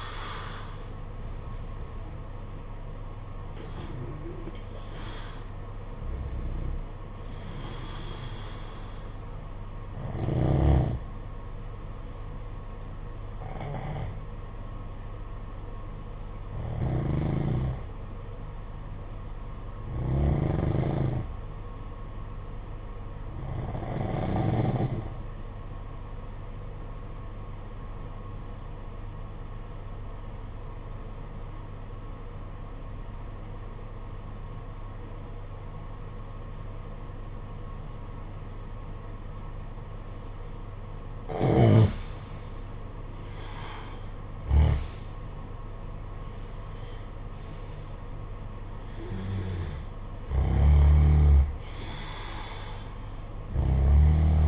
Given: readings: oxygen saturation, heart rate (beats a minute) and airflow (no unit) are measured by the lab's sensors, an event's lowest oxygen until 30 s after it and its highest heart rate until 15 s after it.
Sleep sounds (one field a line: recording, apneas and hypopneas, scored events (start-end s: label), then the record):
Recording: breathing in sleep by a smartphone at the bedside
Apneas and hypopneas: 1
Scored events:
28.00-48.40 s: obstructive apnea (N1, oxygen 95% highest, then 83% lowest, heart rate 55 at the start, 65 highest)
From the record:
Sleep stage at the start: N1 (lightest sleep)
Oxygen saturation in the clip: 84 to 96%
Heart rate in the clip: 52 to 65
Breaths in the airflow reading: 8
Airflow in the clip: -10.8 to 13.8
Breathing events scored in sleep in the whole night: 476 in 9.7 hours asleep